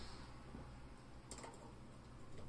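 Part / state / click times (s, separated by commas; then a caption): XLR cable connector into microphone / not seated / none. An XLR cable connector is handled against a microphone after the cable has been re-routed, with soft rustling and a brief sharp tick near 1.3 seconds over low background noise. Nothing has seated or clicked into place yet.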